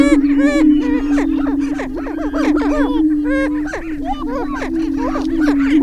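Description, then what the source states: Greater prairie chicken booming forms a continuous low moaning hum, while dense bursts of cackling, clucking calls crowd the higher range. Booming recorded on 6 May 2005.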